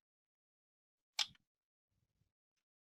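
A RAM memory stick is slid straight into a motherboard DIMM slot and pressed down evenly on both ends. It snaps into place with a sharp, bright click at 1.2 s, followed by a brief rattle. A couple of faint low taps follow, and the module is seated.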